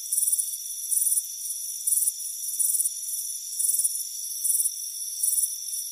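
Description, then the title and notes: Crickets chirping in high, pulsed bursts over a steady shrill insect hum. Crickets chirping on a warm afternoon on a front porch. "Soothing Crickets Chirping Sound. It's a warm afternoon as you relax in a hammock on the front porch. Deep Sleep Sounds"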